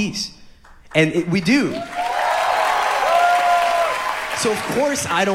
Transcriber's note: cheering